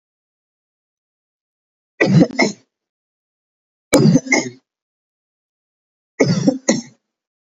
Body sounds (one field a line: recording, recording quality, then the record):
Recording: heavy voluntary cough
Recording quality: excellent, no background noise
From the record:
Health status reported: healthy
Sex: male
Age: 28 years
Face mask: not worn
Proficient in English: yes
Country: India